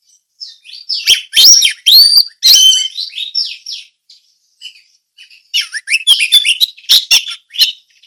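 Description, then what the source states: Orange-headed thrush singing intricate warbling phrases with sliding whistles and sharp chips, a pause, then another fast, dense run of notes. Indonesian name anis merah; song style called ngeplong teler.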